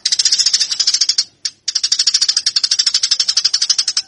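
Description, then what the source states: Eurasian tree sparrow giving a rapid, harsh chattering of dense high chirps, briefly broken by a short pause, then continuing steadily. Fighting (tarung) sparrows.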